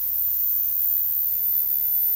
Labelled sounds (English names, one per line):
none